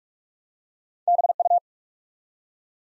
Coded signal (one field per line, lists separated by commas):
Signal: Morse code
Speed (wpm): 44 wpm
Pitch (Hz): 700 Hz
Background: none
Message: BU